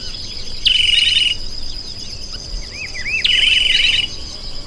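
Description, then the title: Bird song: two harsh, buzzy trilled phrases about two and a half seconds apart, with short looping chirps between them over a steady high insect-like hum. "LuckyPassaro Completos2Sama"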